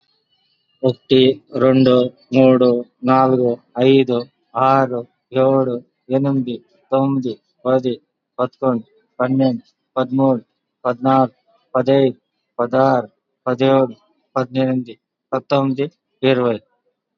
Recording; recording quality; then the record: counting at a normal pace; excellent, no background noise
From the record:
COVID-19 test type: RT-PCR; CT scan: not taken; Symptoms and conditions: none ticked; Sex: male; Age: 56 years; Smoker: no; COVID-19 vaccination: both doses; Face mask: worn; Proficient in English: yes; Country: India